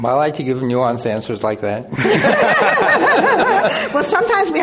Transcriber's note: laughter